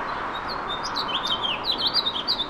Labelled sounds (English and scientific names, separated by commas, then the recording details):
House Finch (Haemorhous mexicanus) song
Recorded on Long Island, New York, on 2 June 2012
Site CP
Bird E